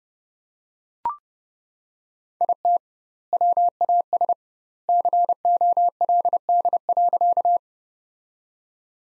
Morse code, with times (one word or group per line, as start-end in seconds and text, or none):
2.4-2.8 IT
3.3-4.3 WAS
4.9-7.6 COLD.